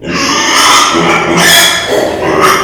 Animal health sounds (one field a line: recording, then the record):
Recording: squeal of a Yucatan mini pig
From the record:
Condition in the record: before surgery on the right vocal fold (resection and tissue-engineered implant)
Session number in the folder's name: 2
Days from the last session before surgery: 0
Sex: male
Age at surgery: 12 weeks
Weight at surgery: 13 kg